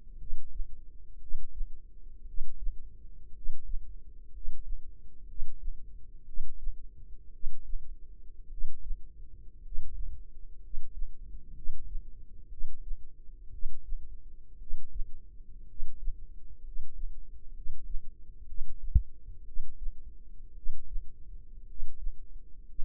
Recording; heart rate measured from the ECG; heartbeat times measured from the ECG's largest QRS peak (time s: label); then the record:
heart sounds by microphone in the left ear; 59 bpm
0.16 s: heartbeat
1.18 s: heartbeat
2.24 s: heartbeat
3.32 s: heartbeat
4.30 s: heartbeat
5.25 s: heartbeat
6.24 s: heartbeat
7.30 s: heartbeat
8.48 s: heartbeat
9.60 s: heartbeat
10.59 s: heartbeat
11.52 s: heartbeat
12.48 s: heartbeat
13.49 s: heartbeat
14.57 s: heartbeat
15.65 s: heartbeat
16.61 s: heartbeat
17.52 s: heartbeat
18.45 s: heartbeat
19.43 s: heartbeat
20.53 s: heartbeat
21.65 s: heartbeat
22.64 s: heartbeat
From the record:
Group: healthy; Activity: rest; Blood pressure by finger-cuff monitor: 103/51 mmHg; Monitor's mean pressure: 63 mmHg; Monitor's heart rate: 61 bpm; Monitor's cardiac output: 5.2 L/min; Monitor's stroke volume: 88 mL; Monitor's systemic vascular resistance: 860 dyn s/cm5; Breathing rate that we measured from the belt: 10 breaths a minute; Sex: male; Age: 25 years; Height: 170 cm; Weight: 70.4 kg